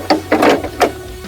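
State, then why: Seated. The front frame section of a Golden Technologies Buzzaround LX mobility scooter is pushed into the rear frame section's metal coupling during reassembly. Several sharp hits and a short rubbing burst sound over background music. The last and loudest hit, at 0.8 s, is the frame latching into place.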